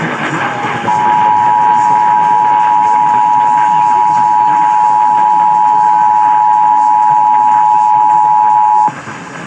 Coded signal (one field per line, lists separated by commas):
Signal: Emergency Alert System (SAME) tones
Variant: 853 and 960 Hz attention tone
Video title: Pennsylvania Required Monthly Tests (2/17/22)(EAS 1098-1106)